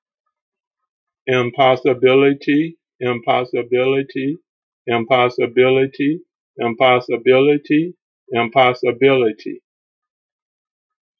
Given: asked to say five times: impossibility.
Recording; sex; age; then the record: repeated word; male; 60 to 69 years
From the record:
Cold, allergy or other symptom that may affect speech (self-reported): no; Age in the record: 61 years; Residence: South Carolina, United States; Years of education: 14